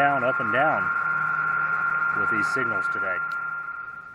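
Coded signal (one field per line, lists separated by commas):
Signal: PSK31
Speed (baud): 31.25 baud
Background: speech, radio noise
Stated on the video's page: QRP portable PSK31 at a park using the Wolphi link.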